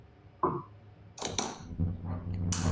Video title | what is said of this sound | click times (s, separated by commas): Mosaic X Setup: Your High-Res 360 Mobile Mapping Camera for Surveying & Infrastructure Management | push until we get that satisfying click. | 2.5 s